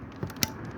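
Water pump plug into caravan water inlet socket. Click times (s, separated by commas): 0.4 s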